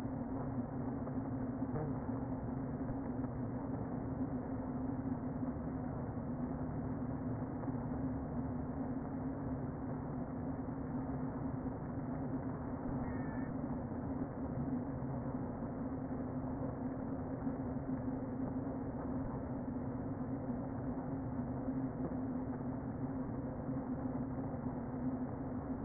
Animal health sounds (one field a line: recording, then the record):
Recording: honeybee colony, microphone inside the hive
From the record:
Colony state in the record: queen present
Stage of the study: before two queens were removed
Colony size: about 60,000 bees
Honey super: yes